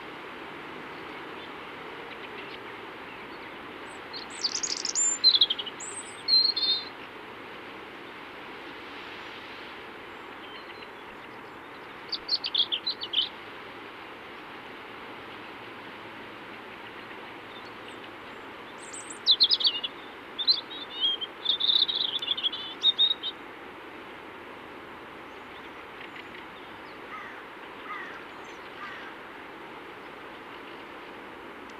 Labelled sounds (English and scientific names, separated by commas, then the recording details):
European Robin (Erithacus rubecula) song
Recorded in the wild
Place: Oberstdorf, Bayern, DE
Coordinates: 47.4017, 10.22
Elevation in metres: 1013
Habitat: mountains
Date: 1976-04-04
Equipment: Nagra IV, Sennheiser MKH 405, Parabolreflektor
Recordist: Tretzel, Erwin